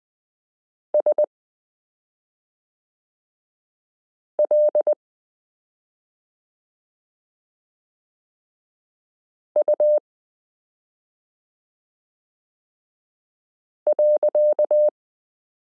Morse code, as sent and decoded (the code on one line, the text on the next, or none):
... .-.. / ..- .-.-.-
SL U.